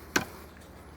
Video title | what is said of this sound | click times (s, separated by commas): Glock (psa dagger) for dummies | It'll lock into the barrel. | 0.2 s